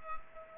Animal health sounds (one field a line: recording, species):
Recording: mosquito wingbeat signal from an infrared sensor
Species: Culex pipiens